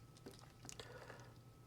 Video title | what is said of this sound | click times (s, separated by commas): GI Joe Classified Cobra Rattler Gunner Review | So that snaps on like so. | 0.7 s